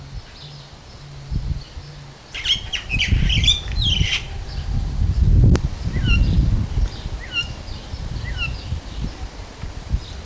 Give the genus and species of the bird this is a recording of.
Acridotheres cristatellus